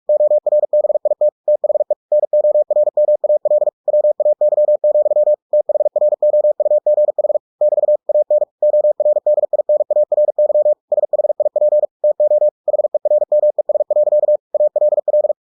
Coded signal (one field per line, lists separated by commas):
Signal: Morse code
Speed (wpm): 46 wpm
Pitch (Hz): 600 Hz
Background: none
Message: ORBIT THE NORMAL WAY, THROUGH <BT> AN ORDINARY SHIP TO HERMES. ALL